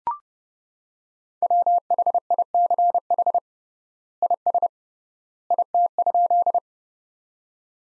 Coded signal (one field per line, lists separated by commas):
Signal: Morse code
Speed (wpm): 30 wpm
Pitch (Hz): 700 Hz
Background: none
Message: WHICH IS IT?